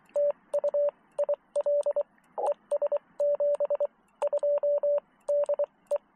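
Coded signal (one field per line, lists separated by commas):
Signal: Morse code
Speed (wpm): 23 wpm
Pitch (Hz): 590 Hz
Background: radio noise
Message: TU IL ES 72 DE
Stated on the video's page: Park activation from a public beach on Tangier Island, Friday night.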